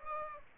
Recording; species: mosquito wingbeat signal from an infrared sensor; Aedes aegypti